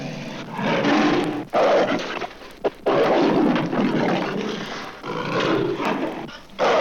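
Leopard snarling and growling in harsh, rasping bursts broken by a few brief pauses.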